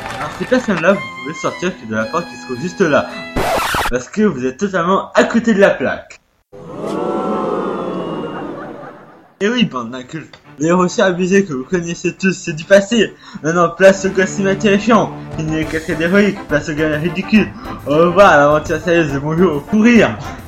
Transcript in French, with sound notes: Alors ces personnes là vous pouvez sortir par la porte qui se trouve juste là, parce que vous êtes totalement à côté de la plaque. (foule déçue) Et oui bande d'incultes, le héros sur-abusé que vous connaissez tous c'est du passé, maintenant, place au gosse immature et chiant, finis les cascades héroïques, place aux gamelles ridicules, au revoir l'aventure sérieuse et bonjour au fou rire!!!